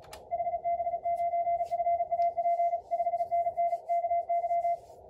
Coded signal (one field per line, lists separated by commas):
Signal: Morse code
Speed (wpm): 35 wpm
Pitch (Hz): 690 Hz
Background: radio noise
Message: HB9FAP 5NN KY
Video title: MorseRunner 1.82 release with ARRL DX contest